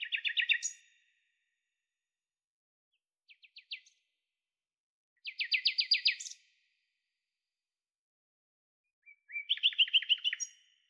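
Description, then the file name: Common nightingale pouring out varied phrases: rapid rattling trills, a short run of spaced clicks, then more loud repeated-note bursts separated by silences. "Luscinia megarhynchos"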